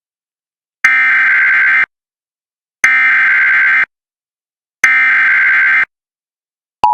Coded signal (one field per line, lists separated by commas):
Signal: Emergency Alert System (SAME) tones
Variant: header bursts